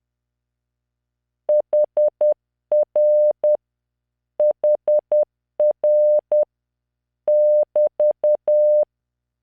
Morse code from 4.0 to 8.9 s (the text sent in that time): HR <BT>